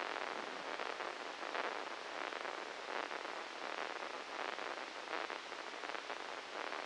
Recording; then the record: brain microelectrode recording played as sound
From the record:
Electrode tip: inside the subthalamic nucleus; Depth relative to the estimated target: -1 mm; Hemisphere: left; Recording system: NeuroSet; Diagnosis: Parkinson's disease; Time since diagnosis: 13 years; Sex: male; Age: 63 years